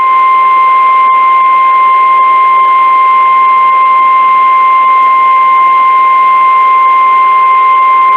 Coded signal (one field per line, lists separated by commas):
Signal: Emergency Alert System (SAME) tones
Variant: 1050 Hz attention tone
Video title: EAS Alerts From The Last Two Weeks Of December 2020 (EAS#81-89)